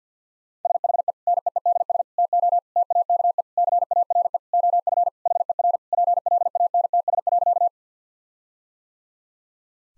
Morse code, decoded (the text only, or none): SHE NEEDS TO TAKE CARE OF HER PLANTS.